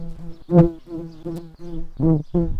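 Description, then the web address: Tree bumblebee buzzing, a low droning hum in several bursts, some louder than others. Tree bumblebee workers. "bumblebees Hypnorum-workers"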